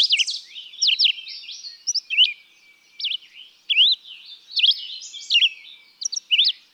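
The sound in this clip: Red-eyed vireo singing short slurred whistled phrases, some rising and some dropping, separated by pauses of under a second.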